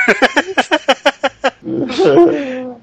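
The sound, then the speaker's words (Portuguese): A cat yowls, first in a quick run of about nine short, sharp, pitched cries, then breaking into a longer, rougher, wavering howl that stays loud to the end. “Gata doida.”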